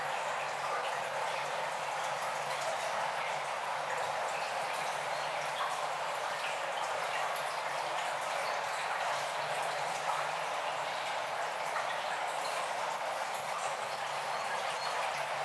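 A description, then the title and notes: Water flows gently and without pause, a dense, even wash of bright trickling with very little low rumble. The level holds steady throughout, with faint droplet-like ticks scattered through the stream and no other clear sounds. Gently Flowing Through The Cave. Water and nature sounds.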